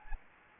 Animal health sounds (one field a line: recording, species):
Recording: mosquito wingbeat signal from an infrared sensor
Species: Anopheles gambiae